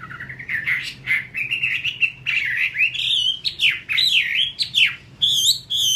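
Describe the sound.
Chinese hwamei pouring out a continuous, varied stream of loud whistles, slurred notes and higher twitters, with a low background hum.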